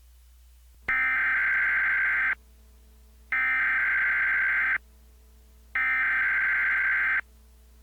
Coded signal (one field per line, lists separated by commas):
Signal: Emergency Alert System (SAME) tones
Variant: header bursts